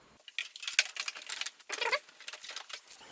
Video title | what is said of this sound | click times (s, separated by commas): Daytona 660 Tank & Airbox Disassembly/Assembly Guide | And then you have these two clips that pop off. | 0.4 s, 0.8 s